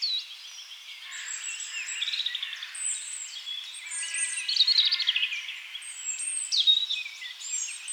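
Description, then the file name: European robin song of high, squeaky, warbled phrases with a buzzy trill midway and strong accented notes toward the end. "Erithacus rubecula"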